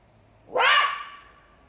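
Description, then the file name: Jackal giving a single sharp, rising yelp that fades into a thin, steady ringing tail. "zvuki shakala"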